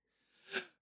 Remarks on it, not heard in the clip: Is that really how you sneeze? That's my dad's sneeze. Usually I sneeze twice.